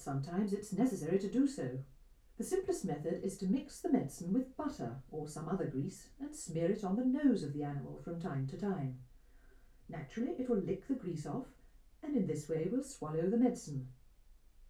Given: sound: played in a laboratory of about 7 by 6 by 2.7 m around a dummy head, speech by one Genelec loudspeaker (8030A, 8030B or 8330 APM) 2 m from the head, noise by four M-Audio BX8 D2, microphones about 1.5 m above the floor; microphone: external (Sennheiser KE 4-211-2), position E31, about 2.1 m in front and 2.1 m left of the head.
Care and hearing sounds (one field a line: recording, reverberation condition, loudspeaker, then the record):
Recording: female speech in English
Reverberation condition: low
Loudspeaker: in front (0 degrees)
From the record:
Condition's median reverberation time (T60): about 310 ms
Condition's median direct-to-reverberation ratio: about 3.5 dB